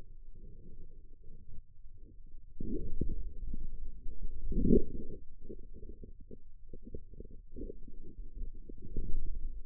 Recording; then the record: forearm muscle sounds (acoustic myography)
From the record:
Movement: outward rotation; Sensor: system 2, bracelet of six BSWA MPA416 microphones around the upper forearm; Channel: 5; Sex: male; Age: 22 years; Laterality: right